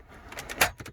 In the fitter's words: until it clicks into place and it should now be level with your uh